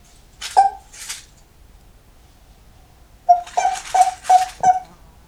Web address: kaeru hikigaeru